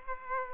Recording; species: mosquito wingbeat signal from an infrared sensor; Aedes aegypti